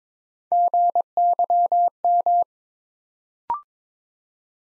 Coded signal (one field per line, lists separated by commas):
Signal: Morse code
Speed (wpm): 22 wpm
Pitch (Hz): 700 Hz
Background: none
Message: GYM